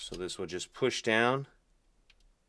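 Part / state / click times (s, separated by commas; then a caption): metal key fob cover onto plastic key fob housing / not seated / none. Someone talks while the silver metal cover of a 2022–2024 BMW 7 Series (740i/760i) key fob is pushed down onto the plastic fob body after a battery change. The speech stops around 1.5 s, followed by near silence with only a faint brief tick. Nothing has seated or clicked yet.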